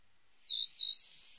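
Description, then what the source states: Eurasian blue tit giving two thin, high, slightly drawn-out notes in quick succession, then quiet. Songs and calls.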